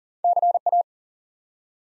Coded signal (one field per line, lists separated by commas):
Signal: Morse code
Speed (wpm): 40 wpm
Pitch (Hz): 700 Hz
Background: none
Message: CA